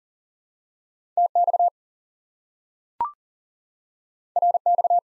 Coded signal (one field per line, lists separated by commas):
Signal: Morse code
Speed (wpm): 40 wpm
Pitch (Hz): 700 Hz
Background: none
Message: TX RX